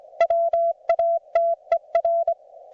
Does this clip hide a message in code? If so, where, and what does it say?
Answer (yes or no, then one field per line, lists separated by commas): yes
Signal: Morse code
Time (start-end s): 0.2-2.3 s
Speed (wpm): 24 wpm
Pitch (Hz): 670 Hz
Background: none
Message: WATER